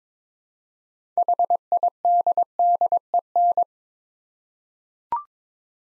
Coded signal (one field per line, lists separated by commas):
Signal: Morse code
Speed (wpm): 22 wpm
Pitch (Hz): 700 Hz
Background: none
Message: HIDDEN